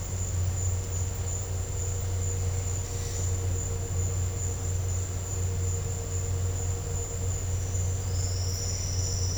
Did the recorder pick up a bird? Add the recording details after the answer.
no. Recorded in dense forest near Puerto Asís, Putumayo, Colombia, on 4 March 2025 at 13:30. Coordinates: 0.468, -76.322. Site GP01